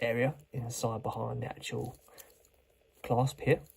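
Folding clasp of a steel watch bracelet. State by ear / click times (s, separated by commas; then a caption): not seated / none. Someone talks while handling the push-button, triple-fold deployment clasp of a steel watch bracelet, with its adjustable section behind the clasp. Faint handling ticks are heard around 2.2 s and 2.5 s during a pause in the talking. The clasp has not yet been folded shut and nothing has clicked down.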